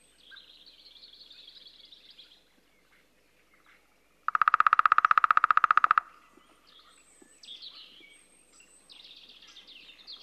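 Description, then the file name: Lesser spotted woodpecker giving a quick burst of rapid, evenly spaced pulses midway, with soft high twittering from other birds before and after. "Mindre hackspett"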